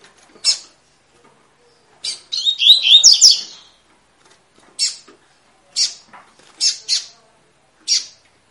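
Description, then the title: Double-collared seedeater: sharp high chip notes scattered throughout, with one fast buzzy song phrase of slurred repeated notes early on. Tui-tui song style, fibra bird; teaching song (professor) used to tutor young birds. "COLEIRO TUI TUI FIBRA"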